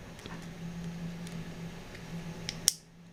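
An interchangeable plastic clip on a Lian Li Strimer Plus V2 RGB PSU extension cable is pressed onto the other end of the light strip. Quiet handling rustles and a low hum are followed by a sharp plastic click at 2.7 s, showing the clip has seated.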